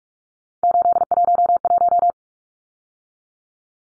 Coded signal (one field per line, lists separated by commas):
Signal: Morse code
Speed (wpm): 44 wpm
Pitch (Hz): 700 Hz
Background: none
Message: 811